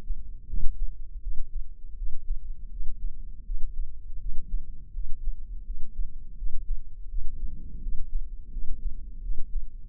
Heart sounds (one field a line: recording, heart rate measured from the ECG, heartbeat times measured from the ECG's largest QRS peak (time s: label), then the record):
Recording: heart sounds by microphone in the left ear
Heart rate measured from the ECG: 82 bpm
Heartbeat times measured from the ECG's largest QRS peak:
0.47 s: heartbeat
1.21 s: heartbeat
1.96 s: heartbeat
2.69 s: heartbeat
3.44 s: heartbeat
4.19 s: heartbeat
4.92 s: heartbeat
5.64 s: heartbeat
6.36 s: heartbeat
7.08 s: heartbeat
7.81 s: heartbeat
8.51 s: heartbeat
9.21 s: heartbeat
From the record:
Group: healthy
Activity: rest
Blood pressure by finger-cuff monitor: 164/85 mmHg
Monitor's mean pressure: 103 mmHg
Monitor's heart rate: 84 bpm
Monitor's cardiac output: 8.4 L/min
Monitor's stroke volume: 101 mL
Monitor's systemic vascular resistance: 890 dyn s/cm5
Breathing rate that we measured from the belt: 20 breaths a minute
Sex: male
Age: 57 years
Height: 188 cm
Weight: 106 kg